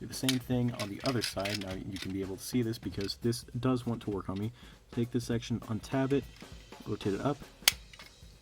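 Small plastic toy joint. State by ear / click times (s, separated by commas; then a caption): seated / 7.7 s. A plastic section of a Transformers Generations Combiner Wars Leader Class Ultra Magnus action figure is unhooked and rotated up into its locked position while someone talks. A sharp click at 7.7 s marks the section seating into place.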